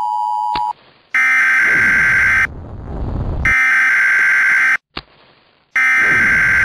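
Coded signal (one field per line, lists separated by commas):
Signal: Emergency Alert System (SAME) tones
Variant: header bursts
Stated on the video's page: Alert tones from a Roblox game.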